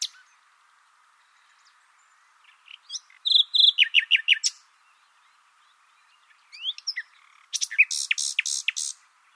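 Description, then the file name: Common nightingale song in two bursts, each mixing thin whistles with quick runs of loud, repeated downward-sweeping notes, separated by a short silence. "Luscinia megarhynchos"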